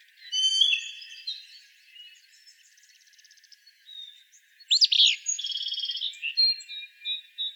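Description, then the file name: Willow flycatcher with a single abrupt, burry sneeze-like phrase in the second half, surrounded by other birds' buzzy trills and whistled notes. Recorded in Arizona on 23 May 2008. "WIFL 6 deviche"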